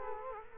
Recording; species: mosquito wingbeat signal from an infrared sensor; Culex quinquefasciatus